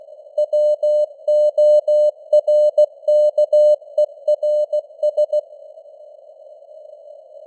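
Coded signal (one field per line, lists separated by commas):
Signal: Morse code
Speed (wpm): 16 wpm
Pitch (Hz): 600 Hz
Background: none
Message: WORKERS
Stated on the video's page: Morse news headlines at 16 wpm with simulated radio noise and varying signal strength (QSB).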